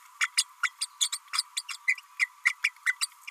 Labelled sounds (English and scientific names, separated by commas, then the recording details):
Green-rumped Parrotlet (Forpus passerinus) babbling
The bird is a female
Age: 31 days
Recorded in a nest box in Venezuela
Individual 17B32A5